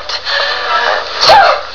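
A single sneeze from an adult.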